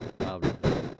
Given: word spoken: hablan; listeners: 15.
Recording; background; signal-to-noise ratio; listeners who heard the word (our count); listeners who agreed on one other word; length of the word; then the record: one Spanish word in noise, from a listening test; noise modulated by one talker; -11.7 dB; 0 of 15; 9 of 15; 0.60 s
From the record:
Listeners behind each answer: 9, 5, 1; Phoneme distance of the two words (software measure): 7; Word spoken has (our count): 2 syllables, 5 phonemes, stress on syllable 1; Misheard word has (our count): 2 syllables, 4 phonemes, stress on syllable 1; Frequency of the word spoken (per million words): 30.15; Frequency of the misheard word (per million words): 108.79